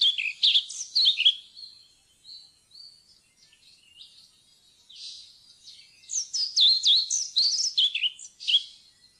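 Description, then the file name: European pied flycatcher song: a high warbled phrase, a pause with soft thin notes, then a second fast series of sharp, swooping notes. "svarthvit fluesnapper"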